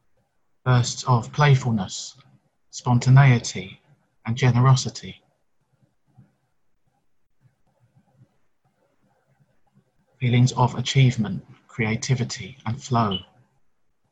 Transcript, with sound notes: bursts of playfulness, spontaneity and generosity, [pause]
feelings of achievement, creativity, and flow